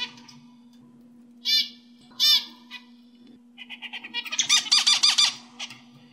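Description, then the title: Oriental magpie-robin giving two short ringing calls, then a quick run of rapid, high, scratchy notes building into a brief warbled burst, over a faint low hum. "Kicau Kacer"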